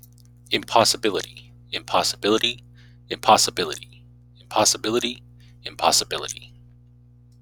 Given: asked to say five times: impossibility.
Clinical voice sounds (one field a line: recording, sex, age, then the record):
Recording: repeated word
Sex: male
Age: 30 to 39 years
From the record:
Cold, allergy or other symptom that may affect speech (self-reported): no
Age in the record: 36 years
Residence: Alaska, United States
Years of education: 15